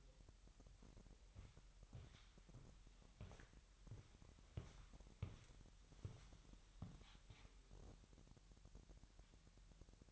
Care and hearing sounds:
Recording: daily activity, microphone in the room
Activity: walk to room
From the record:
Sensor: 3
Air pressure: 1001.9 hPa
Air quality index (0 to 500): 247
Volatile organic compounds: 49 ppm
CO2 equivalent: 3280 ppm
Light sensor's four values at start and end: 10/23/9/9 and 5/10/4/5

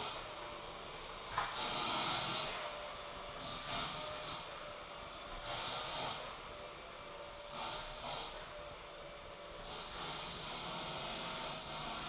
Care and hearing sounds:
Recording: daily activity, microphone in the room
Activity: vacuum cleaning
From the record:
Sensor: 5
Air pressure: 1009.7 hPa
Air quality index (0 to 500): 167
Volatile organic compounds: 4 ppm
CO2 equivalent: 1619 ppm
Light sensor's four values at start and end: 108/284/116/124 and 106/280/114/122

